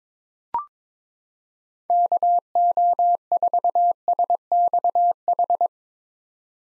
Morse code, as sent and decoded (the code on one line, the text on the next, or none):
-.- --- ....- ... -..- ....
KO4SXH